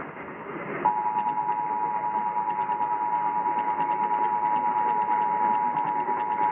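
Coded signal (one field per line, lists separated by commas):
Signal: Emergency Alert System (SAME) tones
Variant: 853 and 960 Hz attention tone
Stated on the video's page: Required Monthly Test originated from WRVA and relayed on all radio and TV stations within the Richmond Extended Operational Area.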